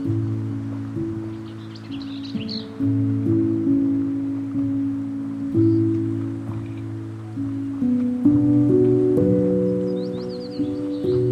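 Sound at Patagonia Lake State Park in SE Arizona: a low, steady hum of layered tones that shifts pitch in abrupt steps every second or two. Brief high bird chirps break through near the start and again near the end.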